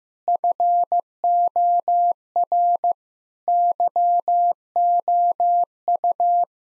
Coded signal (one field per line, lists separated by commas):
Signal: Morse code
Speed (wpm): 15 wpm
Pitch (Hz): 700 Hz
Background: none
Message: FOR YOU